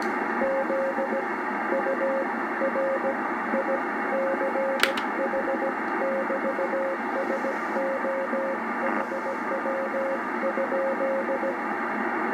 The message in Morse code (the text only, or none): ZURICH<BT>SO HW?